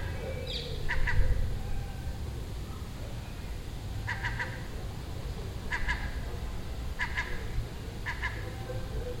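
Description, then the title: Gull uttering paired clipped notes in spaced bursts, an early higher squeal at the start, low traffic rumble beneath. Nesting gull on a neighbouring roof in Den Haag, Netherlands, recorded June 18th 2017; it made these sounds all day for a week. "Seagull Chatter (Den Haag"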